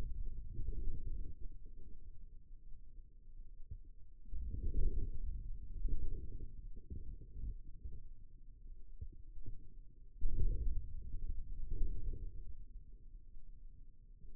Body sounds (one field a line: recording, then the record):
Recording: forearm muscle sounds (acoustic myography)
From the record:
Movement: inward rotation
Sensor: system 2, bracelet of six BSWA MPA416 microphones around the upper forearm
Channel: 3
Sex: male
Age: 22 years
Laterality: right